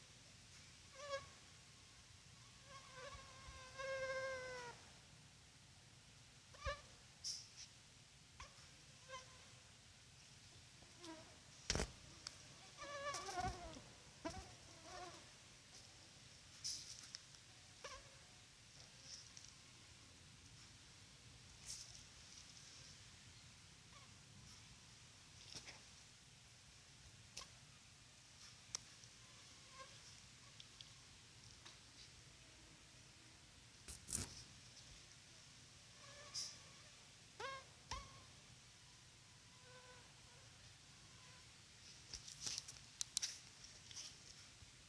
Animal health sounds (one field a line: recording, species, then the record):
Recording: mosquito flight sound by mobile phone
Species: Culex pipiens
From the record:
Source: SanMateoVCD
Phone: Sony Xperia